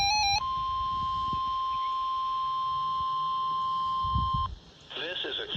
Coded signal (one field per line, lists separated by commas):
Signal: Emergency Alert System (SAME) tones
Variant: 1050 Hz attention tone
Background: speech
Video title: WWF75 Required Weekly Test 4/24/24 EAS #73